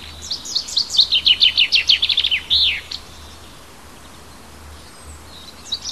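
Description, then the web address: Bird song: a rapid series of high, downslurred notes lasting about three seconds, ending in a sharper final note, followed by quiet and the start of another phrase. Native hedge bird, March. "oeko hecke vogel maerz vogel heimisch"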